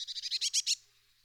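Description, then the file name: Eurasian blue tit giving a harsh, buzzy churr of about seven rapid notes, growing louder, then stopping abruptly. "pimpelmees"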